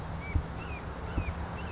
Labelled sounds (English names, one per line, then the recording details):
Red-shouldered Hawk
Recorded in Sonoma County, California